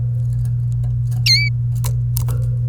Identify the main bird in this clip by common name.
Domestic Canary